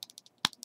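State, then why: Released. A plastic shin panel joint on the leg of a Robot Spirits CB-0000G/C Reborns Gundam/Cannon action figure is split open during transformation. Several faint, bright ticks lead up to one sharp click at 0.4 s as the joint opens, and the panel is released.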